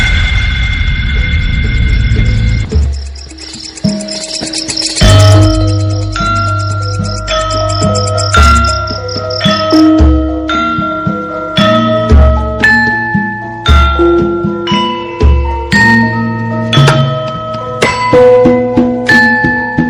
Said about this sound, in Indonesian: Ketika suara motor memecah suara rintik gerimis, dari jauh sayup-sayup terdengar sebuah suara familiar dengan tabuhan kendang dan gong, diikuti oleh suara kenong, membaur menjadi alunan suara gamelan.